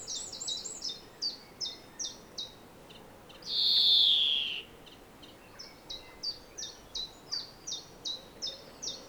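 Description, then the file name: European greenfinch repeating short bright notes in a steady series, broken midway by one loud, buzzy, downslurred wheeze before the notes resume. "Chloris chloris"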